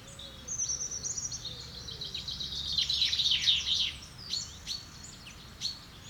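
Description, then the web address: Woodland birds singing: high thin whistles and fast twittering trills overlap, building to a dense chattering burst midway, over a steady hiss of background noise. "Effects 02-Birds, Insects Animals. Birds woodland"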